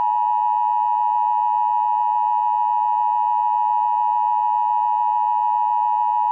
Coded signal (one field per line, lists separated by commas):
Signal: Emergency Alert System (SAME) tones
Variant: 853 and 960 Hz attention tone